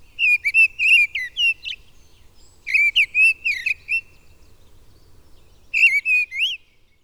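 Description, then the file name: Mistle thrush song: short fluty whistled phrases of several rising and falling notes, delivered in three bursts separated by pauses, on a quiet background. "Mistle Thrush (Turdus viscivorus)"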